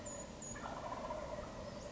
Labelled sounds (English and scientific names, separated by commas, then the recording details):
Wild Turkey (Meleagris gallopavo)
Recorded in Sonoma County, California